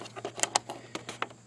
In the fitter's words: it and it locks in place and you're done